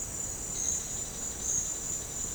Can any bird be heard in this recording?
no